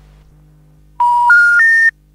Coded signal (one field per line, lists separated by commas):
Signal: telephone call progress tone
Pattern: special information tone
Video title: Telephone Intercept Recordings from mid 1990s - Lost & Found Tapes (US, CA, UK, ES, JP, CS, IL)